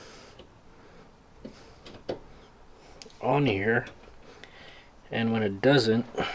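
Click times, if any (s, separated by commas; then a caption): none. An aftermarket quick-connect fuel line fitting is pushed onto a surge tank fuel nozzle on an E46 M3, making several small ticking contact sounds while someone talks. The fitting has not fully seated and its locking mechanism has not latched, because the nozzle's flared base obstructs it.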